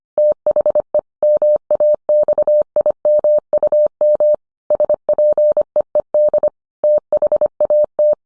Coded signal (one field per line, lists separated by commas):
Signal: Morse code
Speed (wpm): 25 wpm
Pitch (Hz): 600 Hz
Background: none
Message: THE MAXIMUM SPEED THAT